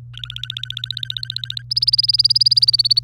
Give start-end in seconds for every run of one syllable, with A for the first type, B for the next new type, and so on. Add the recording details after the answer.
0.14-1.62 A, 1.71-2.99 B. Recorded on 24 April 2018 at 07:17. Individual llb3